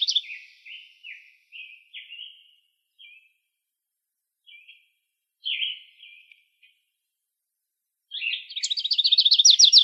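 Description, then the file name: Grace's warbler song starts near the end, a quick trill of sharp notes, after several seconds of scattered chirps and calls. Recorded in Arizona on 16 May 2003. "GRWA 3 deviche"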